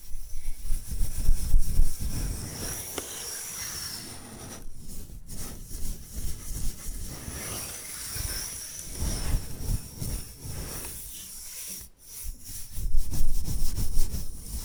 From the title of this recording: Bamboo Tapping, Scratching and Brushing Sounds